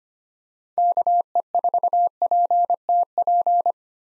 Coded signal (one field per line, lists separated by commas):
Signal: Morse code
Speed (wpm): 25 wpm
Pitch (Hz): 700 Hz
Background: none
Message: KE4PTP